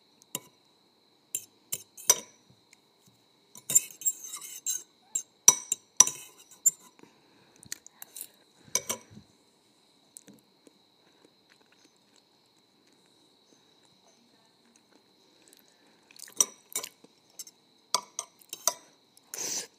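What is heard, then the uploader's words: Ramen noodles being eaten, with bursts of sharp clicks, clinks and wet mouth sounds coming in quick clusters over the first ten seconds. A quiet pause follows, then the crisp tapping and slurping noises return near the end. A faint steady high whine runs underneath. ASMR Ramen Noodles.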